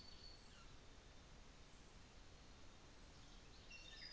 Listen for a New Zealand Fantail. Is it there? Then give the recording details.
no. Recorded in New Zealand on 24 December 2018. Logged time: 15:45